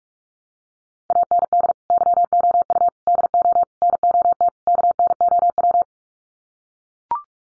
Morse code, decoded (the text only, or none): AND YOU DO NOT KNOW